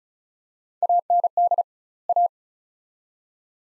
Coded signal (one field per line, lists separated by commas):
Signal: Morse code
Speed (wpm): 36 wpm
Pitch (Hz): 700 Hz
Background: none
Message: AND A